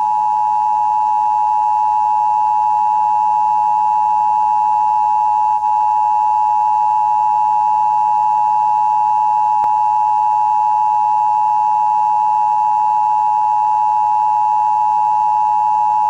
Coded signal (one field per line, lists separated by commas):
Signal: Emergency Alert System (SAME) tones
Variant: 853 and 960 Hz attention tone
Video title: Evolution of Emergency Broadcast System tests (1980-1996)